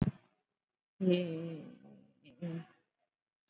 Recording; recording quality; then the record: sustained vowel as in made; moderate, slight background noise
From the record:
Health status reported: COVID-19 positive, mild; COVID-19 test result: positive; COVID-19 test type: RT-PCR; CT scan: not taken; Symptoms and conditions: hypertension, diabetes, another condition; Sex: female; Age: 44 years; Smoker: no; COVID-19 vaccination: none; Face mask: worn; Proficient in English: yes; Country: India